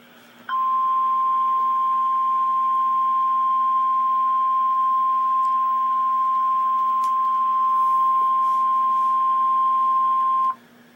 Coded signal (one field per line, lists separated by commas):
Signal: Emergency Alert System (SAME) tones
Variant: 1050 Hz attention tone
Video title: REAL EAS 828-Severe thunderstorm warning